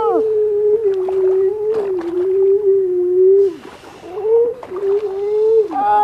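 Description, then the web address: Grey seal giving a long, steady, tonal moan with rich harmonics that wavers slightly and breaks briefly before resuming. "gray seal"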